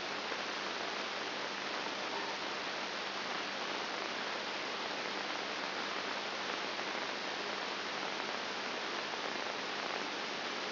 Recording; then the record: brain microelectrode recording played as sound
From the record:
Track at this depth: inside the subthalamic nucleus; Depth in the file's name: 1.502 mm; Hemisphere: right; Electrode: 2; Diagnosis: Parkinson's disease